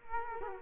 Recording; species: mosquito wingbeat signal from an infrared sensor; Culex quinquefasciatus